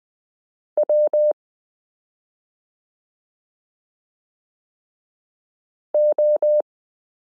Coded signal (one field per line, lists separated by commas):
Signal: Morse code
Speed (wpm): 20 wpm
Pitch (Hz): 600 Hz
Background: none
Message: W O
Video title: Morse Code Listening Lesson 15 - s u a p t l o w i (.)period n j e